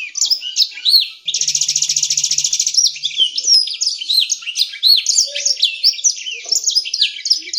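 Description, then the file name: Canary song: a fast run of high, varied whistled notes, broken near the start by a rapid, buzzy trill about a second and a half long, then continuing warbling phrases. Song style given as 'isian sanger'. "suara kenari isian sanger omkicau"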